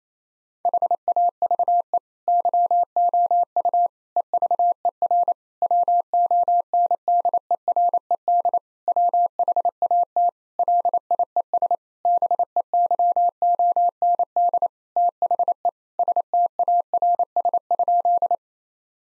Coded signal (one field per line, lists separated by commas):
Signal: Morse code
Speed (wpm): 27 wpm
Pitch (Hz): 700 Hz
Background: none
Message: HAVE YOU EVER WONDERED WHAT LIES BEYOND THE STARS?